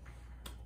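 A knee-joint lock lever on a carbon fiber knee-ankle-foot orthosis is pushed all the way up to unlock it. A sharp, bright click sounds at 0.5 s (0.46 s) over a low steady hum, with a faint softer tick near 0.1 s. The lever snaps into the unlocked position, confirmed as released.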